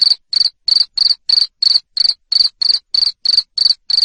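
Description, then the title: Cricket chirps, each a brief burst of fast pulses, loud and high, repeated in a steady series. Loud cricket chirping (Indonesian "jangkrik ngerik") used to stimulate lovebirds to keep singing ("ngekek"). "Suara JANGKRIK NGERIK Keras Bikin LOVEBIRD Jadi NGEKEK Terus Vubey"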